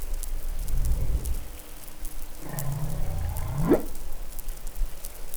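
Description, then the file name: Humpback whale song units: low rumbling groans followed by a sweeping U-shaped moan that rises sharply at the end, amid steady underwater crackle. Recorded in New Caledonia, Pacific, on 20 July 2013. "Baleinea Bosse Nouvelle Caledonie 20130720 Glotin"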